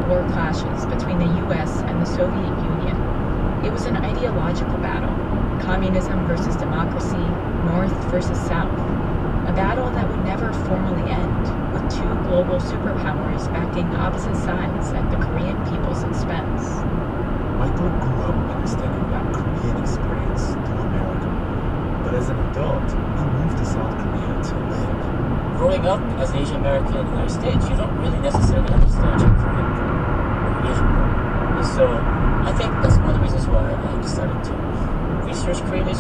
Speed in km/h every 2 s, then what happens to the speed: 122, 122, 122, 121, 121, 121, 119, 118, 119, 119, 119, 118, 116, 114, 114, 114, 114, 114.
0-36 steady at about 119.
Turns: none.